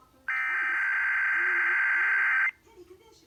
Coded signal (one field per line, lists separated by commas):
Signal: Emergency Alert System (SAME) tones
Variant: header bursts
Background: speech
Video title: WETA and WETA HD2 do the May 2021 week 4 RWT(EAS 899-900)